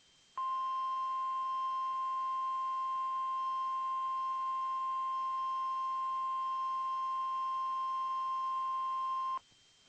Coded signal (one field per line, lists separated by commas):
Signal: Emergency Alert System (SAME) tones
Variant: 1050 Hz attention tone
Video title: Tornado Warning (Van Zandt County, TX) (3/24/21) [EAS #57]